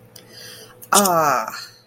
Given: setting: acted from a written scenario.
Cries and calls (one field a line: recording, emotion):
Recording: vocal sound without words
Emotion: realization